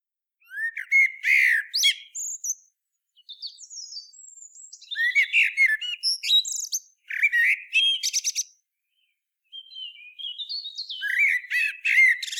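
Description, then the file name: Common blackbird phrases: warbled notes and high squeaky twitters, in several bursts separated by short pauses. "Turdus merula"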